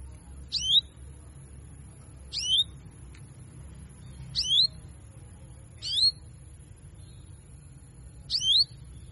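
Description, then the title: Canary giving five clear, high, swooping notes, each dropping briefly then rising, repeated every couple of seconds over a quiet low hum. Female Belgian canary giving 'cuit cuit' calls, used to stimulate male canaries to sing more. "Canto Para Esquentar Canário Belga. Therapy Suara Cuit.. Cuit.. Kenari Betina Bikin Kenari Jantan Makin Gacor"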